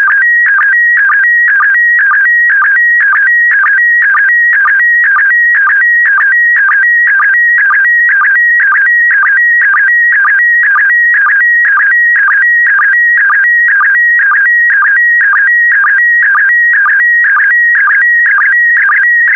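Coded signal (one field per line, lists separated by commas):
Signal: SSTV (slow-scan television)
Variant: PD120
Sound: warbling tone shifting between pitches, with short low sync chirps twice a second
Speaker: complete. You can now check your decoded image against the picture that is shown on the video.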